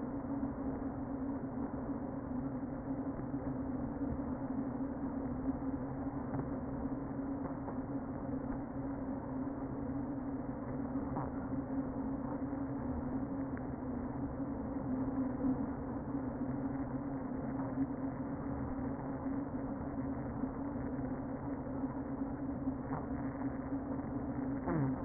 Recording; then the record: honeybee colony, microphone inside the hive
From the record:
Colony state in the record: queen present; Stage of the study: before two queens were removed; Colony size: about 60,000 bees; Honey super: yes